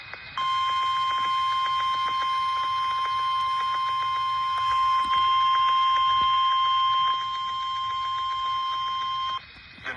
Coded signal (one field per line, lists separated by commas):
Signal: Emergency Alert System (SAME) tones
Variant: 1050 Hz attention tone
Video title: Slightly Severe 2.0 (EAS Alerts from May 26th. EAS 154-164)